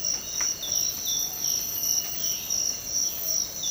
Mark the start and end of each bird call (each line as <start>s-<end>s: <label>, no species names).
3.21s-3.71s: bird call